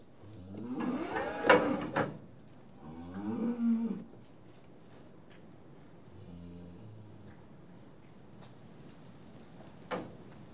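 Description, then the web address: Cattle moos, three separate calls, the first two wavering and the last quieter and low, with a sharp knock during the first call and another near the end. Farm livestock; cattle recorded while being tested. "The BBC Sound Effects Library. Cattle Being Tested"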